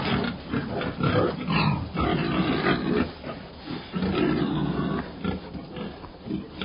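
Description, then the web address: Pig grunting in a rapid, uneven series of low, rough snorts and grunts, about two a second, with no other clear sounds. "Bobby Cole Pig"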